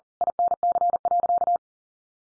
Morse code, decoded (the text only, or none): INC.